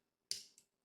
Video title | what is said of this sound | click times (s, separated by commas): DJI RS 4mini Gimbal Unboxing in Telugu - FlickStyle - | tick one lock ఇక్కడ ఒక lock sound | 0.3 s